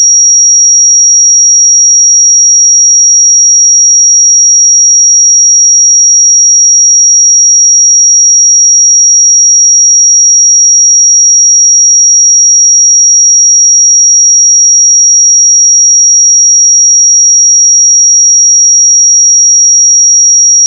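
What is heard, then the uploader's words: A pure sine tone at 5677 Hz holds perfectly steady for the full twenty-one seconds. It is a single thin, high, piercing whistle at constant loudness, with no pulsing, drift or background sound, ending abruptly. 5677 Hz 1 Hz Interval Sine Pure Tone Frequency 441000 Sample Mono.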